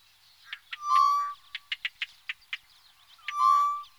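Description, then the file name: Tropical boubou calls: two loud low whistles about two and a half seconds apart, separated by a quick sequence of sharp clicking notes. "gonolec ventre blanc"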